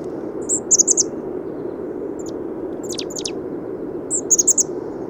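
Bird singing shrill, tinkling trilled phrases, then sharp downward-swept notes and another fast trill, with steady hiss underneath.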